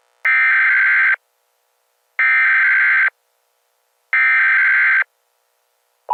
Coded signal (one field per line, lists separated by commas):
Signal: Emergency Alert System (SAME) tones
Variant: header bursts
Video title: EAS Scenario 1: Paczkis Gone Bad!